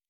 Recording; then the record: hydrophone in a shrimp aquaculture tank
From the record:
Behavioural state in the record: normal